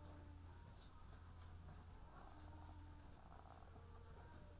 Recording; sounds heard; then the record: poultry house recording; sick chickens (respiratory disease)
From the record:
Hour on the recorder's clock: 18